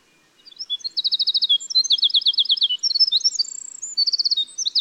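Winter wren song, a high, rapid run of clipped trills and sweet twittering notes that shift in pitch throughout.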